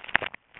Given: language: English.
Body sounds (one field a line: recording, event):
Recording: throat vibration sensor signal played as sound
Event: swallow